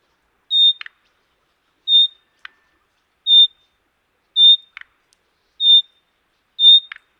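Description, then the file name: Common nightingale calls: a steady pure whistle repeated about every 1.2 seconds, some followed by a short low croaking note. "Luscinia megarhynchos"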